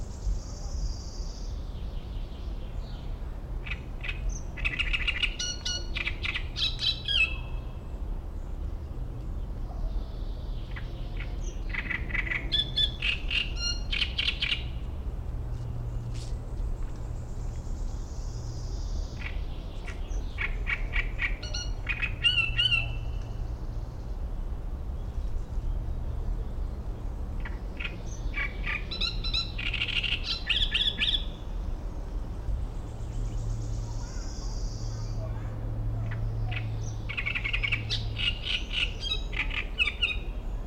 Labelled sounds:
Great Reed Warbler (Acrocephalus arundinaceus)
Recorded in the wild
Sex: male
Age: adult
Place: Mühlenbeck, Brandenburg, DE
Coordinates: 52.689, 13.356
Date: 1993-05-08 13:10
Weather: sonnig, ca. 23°C
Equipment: Marantz CP 430, Sennheiser ME 80, Kopie Uher Variocord 263
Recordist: Tembrock, Günter

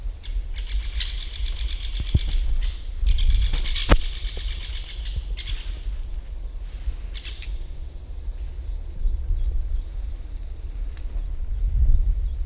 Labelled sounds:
Great Spotted Woodpecker (Dendrocopos major)
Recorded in the wild
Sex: female
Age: adult
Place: Groß Schönebeck, Schorfheide, Brandenburg, DE
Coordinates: 52.9275, 13.5992
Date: 1997-03-26 17:25
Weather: overcast, ca. 0°C, almost no wind
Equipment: Sony MD-WM MZ-R3, Sennheiser MKH 416 T, Kopie Uher 4000 Report Monitor
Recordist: Tembrock, Günter

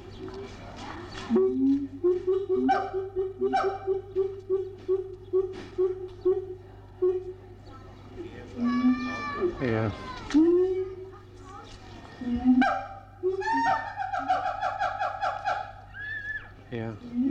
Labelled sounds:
Siamang (Symphalangus syndactylus)
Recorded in captivity
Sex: pair
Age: adult
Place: Zoo Berlin, Berlin, DE
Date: 1984-08-15 15:11
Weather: bedeckt, 20°C
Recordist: Tembrock, Günter
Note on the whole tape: Männchen und Weibchen Duette

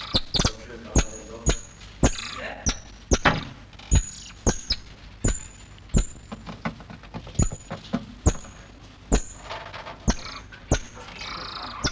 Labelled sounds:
Golden Lion Tamarin (Leontopithecus rosalia) call
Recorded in captivity
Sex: male
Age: adult
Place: Tierpark Berlin, Berlin, DE
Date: 1963
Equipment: Englisches Reportergerät, Kopie BG 26/1
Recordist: Altmann, Dagmar
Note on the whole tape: Juli 1963 (keine genaue Datumsangabe): Laute des Männchens. Anm: Als "Löwenäffchen" bezeichnet

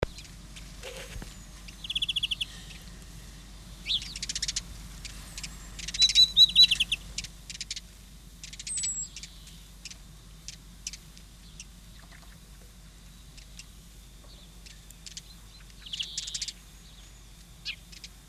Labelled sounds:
House Sparrow (Passer domesticus) song
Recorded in the wild
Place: Oberstdorf, Bayern, DE
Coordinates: 47.4483, 10.2961
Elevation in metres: 857
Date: 1978-03-18
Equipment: Uher 4000 Report
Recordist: Tretzel, Erwin

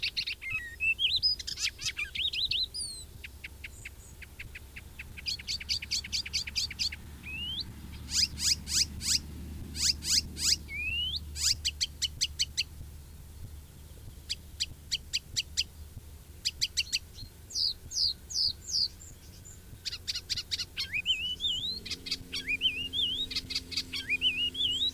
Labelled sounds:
Icterine Warbler (Hippolais icterina) song
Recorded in the wild
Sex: male
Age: adult
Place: Hemhofen, Bayern, DE
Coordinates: 49.68, 10.9361
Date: 1964-06-02
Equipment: Original, Vollspur, Parabolspiegel Grampian
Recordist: Tretzel, Erwin

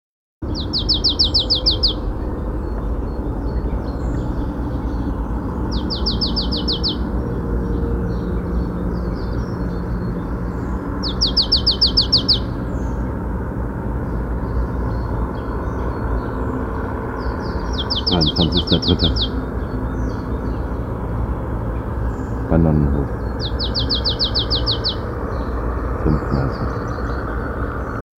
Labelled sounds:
Marsh Tit (Poecile palustris) song
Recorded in the wild
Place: Neubrandenburg, Mecklenburg-Vorpommern, DE
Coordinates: 53.471, 13.175
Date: 1982-03-23
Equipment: Nagra III BH, Sennheiser MD 21, parabola
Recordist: Schubert, Michael
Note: Gesang Sumpfmeise nachbestimmt durch Spektogramm

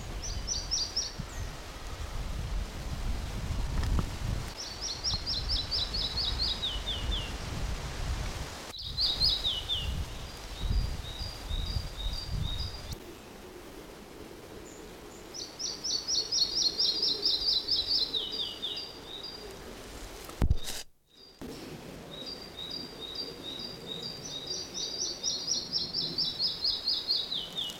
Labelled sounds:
Red-breasted Flycatcher (Ficedula parva)
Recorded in the wild
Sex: male
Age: adult
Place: Mühlenbeck, Brandenburg, DE
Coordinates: 52.667, 13.37
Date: 1992-06-08 12:36
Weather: sonnig (heiter) 21-22°C, böiger Wind
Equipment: Nagra SN, Mikrofon AKG CK 8, Kopie Tesla B 116
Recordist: Tembrock, Günter
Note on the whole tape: Mühlenbecker Wald; Gesang, ca. 14 Strophen (vor 14 Tagen etwa an gleicher Stelle aufgenommen)

